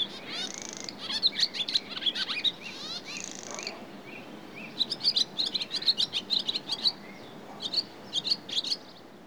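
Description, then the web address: Barn swallow song: twittering that opens with harsh buzzy rattles, goes quiet briefly, then returns as a fast run of high chirps and warbles. "BBC Sound Effects Library. Swallow (Hirundo Rustica) Song"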